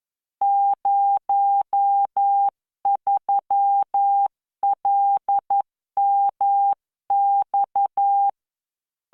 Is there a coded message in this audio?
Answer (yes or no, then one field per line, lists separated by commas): yes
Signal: Morse code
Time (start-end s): 0.4-8.3 s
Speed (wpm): 11 wpm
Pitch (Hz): 800 Hz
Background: none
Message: 03LMX